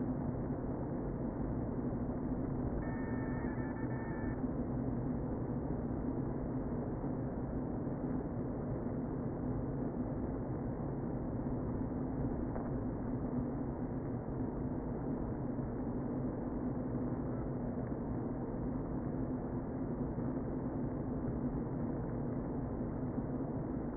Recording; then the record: honeybee colony, microphone inside the hive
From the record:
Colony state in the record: queen present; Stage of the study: before two queens were removed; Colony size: about 60,000 bees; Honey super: yes